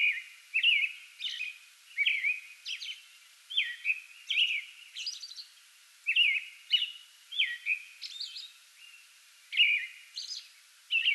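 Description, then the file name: American robin song: short whistled phrases rising and falling, paired with thin high notes, repeated steadily with brief pauses between groups. Singing before dawn from a small tree in a front yard, 8 May 2022. "2022-05-08 American Robin pre-dawn singing from small tree in front yard"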